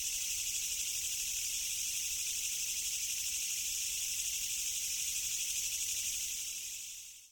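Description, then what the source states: Japanese katydid giving a harsh, steady, rapidly pulsed buzzing drone that continues without a break, then fades away in the final second. Recorded 27 August 2008.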